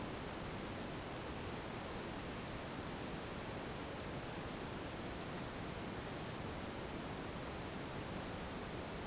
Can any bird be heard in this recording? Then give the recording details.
no. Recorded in dense forest near Puerto Asís, Putumayo, Colombia, on 19 June 2025 at 12:00. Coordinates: 0.484, -76.317. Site G045